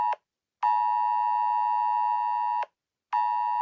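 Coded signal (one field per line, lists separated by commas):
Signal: Emergency Alert System (SAME) tones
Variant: 853 and 960 Hz attention tone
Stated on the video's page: Fictional EAS alarm for Chinese provinces, islands and territories.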